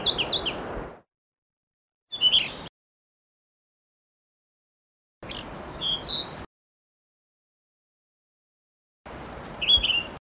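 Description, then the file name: Blue-throated blue flycatcher song: several short, broken bursts of high whistles and chips spaced by silences, with some background hiss. "kicau sikatan blue throated. omkicau"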